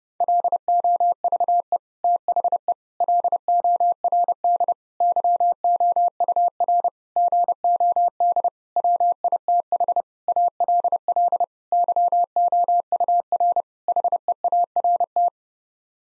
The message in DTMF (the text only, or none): none